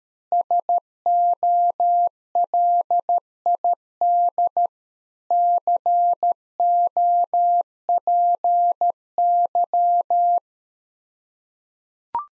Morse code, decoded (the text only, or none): SOLID COPY